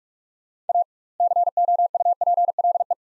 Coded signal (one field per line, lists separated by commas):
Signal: Morse code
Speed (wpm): 43 wpm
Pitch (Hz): 700 Hz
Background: none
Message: A COUPLE